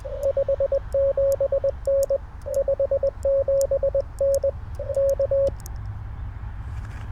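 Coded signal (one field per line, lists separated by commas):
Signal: Morse code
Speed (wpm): 20 wpm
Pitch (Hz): 550 Hz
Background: radio noise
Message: 57N 57N K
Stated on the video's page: CW Parks on the Air activation sent on a tiny, lightweight, light-touch M7 key.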